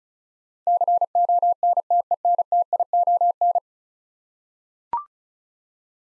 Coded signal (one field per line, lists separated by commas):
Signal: Morse code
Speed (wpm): 36 wpm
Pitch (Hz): 700 Hz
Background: none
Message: CONTENTION